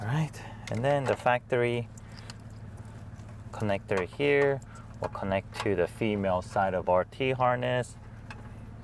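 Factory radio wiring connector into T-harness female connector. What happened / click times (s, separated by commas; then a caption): Connector handled, not yet seated; no clear seating click / none. Someone talks while handling the factory radio wiring connector of a 2023 Toyota Tundra, lining it up to plug into the female side of a plug-and-play amplifier T-harness behind the dash. A few faint handling taps are heard under the speech, but the connector has not seated or clicked yet.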